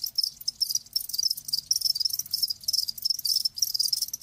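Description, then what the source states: Cricket chorus with dense high trills, pulses running almost continuously with brief dips, overlapping callers. Live crickets chirping in a lulling song, as a sleep sound.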